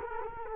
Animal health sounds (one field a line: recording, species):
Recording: mosquito wingbeat signal from an infrared sensor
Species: Culex quinquefasciatus